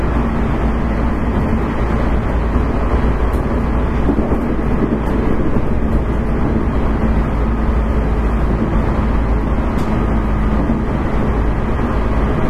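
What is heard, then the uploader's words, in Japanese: Running sound of an 811 series electric train: a dense, steady rumble that stays level for the whole stretch. A low, constant hum runs underneath, and faint brief clicks or rattles cut in now and then, near the third, fifth and tenth seconds. JR九州811系電車の走行音です。鹿児島線の快速列車にて、収録しました。区間は、折尾から香椎までです。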